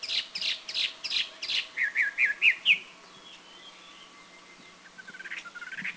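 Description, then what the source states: Taiwan hwamei singing harsh bursts followed by a short series of clear slurred whistles, then softer rapid notes, over a steady background hiss. Recorded near Huisun, Taiwan, in April 2010.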